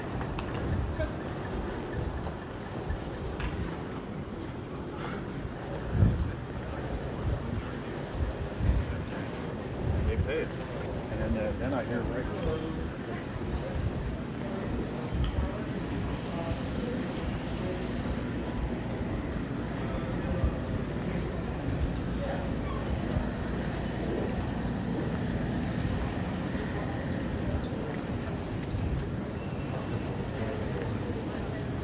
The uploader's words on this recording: San Francisco International Airport (SFO). You'll hear the sounds of luggage wheels rolling across the floor, as travelers make their way through the terminal. The buzz of conversations in different languages creates a sense of global connectedness. The sound of footsteps on the polished floors, and the hum of escalators and moving walkways, all come together in a symphony of movement and activity. SFO Hustle Bustle.